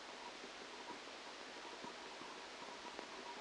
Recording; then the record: brain microelectrode recording played as sound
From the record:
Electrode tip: outside the subthalamic nucleus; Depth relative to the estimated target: -10 mm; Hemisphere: left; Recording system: NeuroSet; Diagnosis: Parkinson's disease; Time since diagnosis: 8 years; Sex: male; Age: 37 years